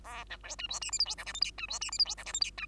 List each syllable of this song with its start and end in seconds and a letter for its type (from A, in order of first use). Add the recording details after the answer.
0.04-0.24 A, 0.29-0.37 B, 0.43-0.56 C, 0.58-0.67 D, 0.69-0.80 E, 0.81-0.91 F, 0.92-0.99 G, 0.99-1.05 H, 1.05-1.15 I, 1.18-1.25 J, 1.26-1.33 K, 1.34-1.40 L, 1.41-1.51 M, 1.58-1.67 D, 1.68-1.79 E, 1.81-1.91 F, 1.91-1.98 G, 1.99-2.05 H, 2.05-2.15 I, 2.17-2.25 J, 2.25-2.33 K, 2.33-2.40 L, 2.41-2.51 M, 2.57-2.66 D. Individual Bird2